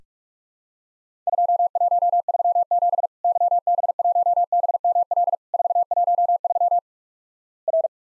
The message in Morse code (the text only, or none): 2137 YB1BML 413 R